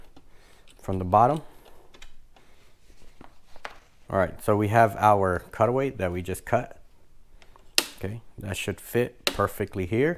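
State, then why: Seated. An embroidery hoop with freshly cut cutaway stabilizer is fitted into a hooping fixture (hooping station) while someone talks. Faint handling clicks come first, then a loud sharp snap at 7.8 s as the hoop seats in the fixture.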